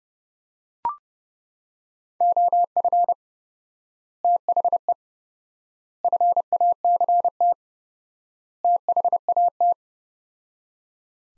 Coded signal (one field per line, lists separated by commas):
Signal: Morse code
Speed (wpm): 30 wpm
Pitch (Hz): 700 Hz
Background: none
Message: OF THE FACT THAT